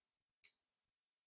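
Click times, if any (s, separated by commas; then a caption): 0.4 s. The cock of a flintlock lock is drawn back slowly while the mainspring is simulated by hand. At 0.4 seconds the steel sear drops into the first half-cock notch of the tumbler with a single small, bright click. The lock sits seated at half cock.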